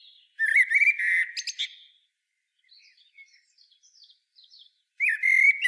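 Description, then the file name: Common blackbird singing a mellow, slightly wavering whistled phrase with a squeaky end, quiet soft notes in between, and a new fluted phrase starting at the close. "Turdus merula"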